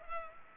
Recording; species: mosquito wingbeat signal from an infrared sensor; Culex pipiens